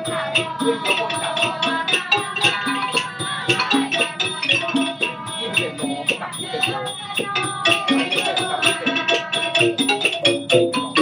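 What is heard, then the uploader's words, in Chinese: Group chanting of the Medicine Buddha at a Chan temple, many voices holding steady, sustained tones in a dense blend. Sharp percussive knocks strike at a quick, regular pace throughout, and a faint thin high whine runs constantly underneath. 厦门石室禅院，药师如来。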